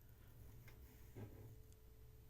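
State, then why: Not seated. A wound mainspring is being pressed from its winding tool into the metal barrel of a vintage Tissot Seastar watch movement. Over a steady low hum, there are faint light ticks near 0.7 s and 1.7 s and a soft low thump around 1.2 s. The spring has not snapped into the barrel yet, and nothing has seated.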